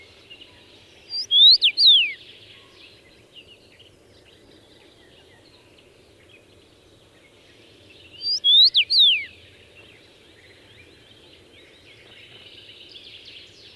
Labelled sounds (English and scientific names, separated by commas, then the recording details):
Common Rosefinch (Carpodacus erythrinus) song
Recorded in the wild
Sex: male
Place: Sassnitz, Insel Rügen, Mecklenburg-Vorpommern, DE
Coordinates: 54.565, 13.615
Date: 1978-05-31
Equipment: Nagra III BH, Sennheiser MD 21, parabola
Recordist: Schubert, Michael